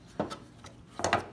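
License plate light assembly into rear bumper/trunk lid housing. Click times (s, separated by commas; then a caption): 1.0 s. The LED license plate light assembly of a W220 Mercedes S-Class is pushed and twisted into its opening in the rear trim housing on the bumper or trunk lid. A few short plastic knocks and rubs are heard, then a small sharp click at 1.0 s, followed quickly by another knock. The assembly pops in and is seated.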